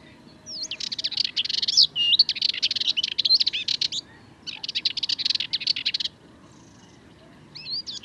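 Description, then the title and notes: Sardinian warbler song in two fast, rattling, scratchy phrases of about three and one and a half seconds, with high thin whistled notes at the start and the end. 22 March 2019, Le Charnier, Camargue; at twilight, before full daylight; long monologue of incredibly nervous, rapid song; Wildtronic parabola, MKH8020 microphone, MixPre 3 recorder. "Le Charnier - Camargue. une Fauvette mélanocéphale (Sylvia melanocephala)"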